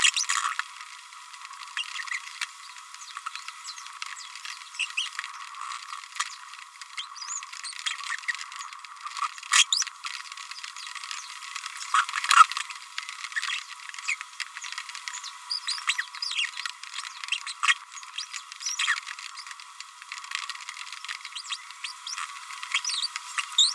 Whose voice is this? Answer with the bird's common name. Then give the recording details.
Green-rumped Parrotlet. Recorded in a nest box in Venezuela. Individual 18B25A5